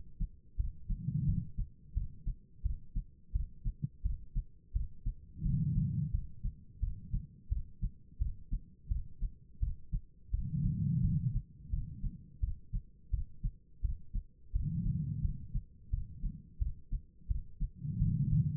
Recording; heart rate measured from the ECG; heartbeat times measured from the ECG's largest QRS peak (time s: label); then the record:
heart sounds by stethoscope; 86 bpm
0.57 s: heartbeat
1.26 s: heartbeat
1.94 s: heartbeat
2.63 s: heartbeat
3.32 s: heartbeat
4.03 s: heartbeat
4.73 s: heartbeat
5.43 s: heartbeat
6.11 s: heartbeat
6.80 s: heartbeat
7.49 s: heartbeat
8.19 s: heartbeat
8.88 s: heartbeat
9.60 s: heartbeat
10.31 s: heartbeat
11.01 s: heartbeat
11.70 s: heartbeat
12.40 s: heartbeat
13.11 s: heartbeat
13.82 s: heartbeat
14.52 s: heartbeat
15.22 s: heartbeat
15.90 s: heartbeat
16.59 s: heartbeat
17.28 s: heartbeat
17.98 s: heartbeat
From the record:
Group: healthy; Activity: rest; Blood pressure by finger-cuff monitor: 151/105 mmHg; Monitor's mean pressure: 121 mmHg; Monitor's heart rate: 86 bpm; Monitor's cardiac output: 5 L/min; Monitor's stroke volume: 58 mL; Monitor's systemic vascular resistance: 1820 dyn s/cm5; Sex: female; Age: 51 years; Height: 162 cm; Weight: 70.04 kg